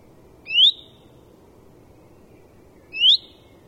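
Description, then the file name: Common chaffinch calls: two brief upward-sweeping notes, about two and a half seconds apart, clear over faint background noise. "Fringilla coelebs"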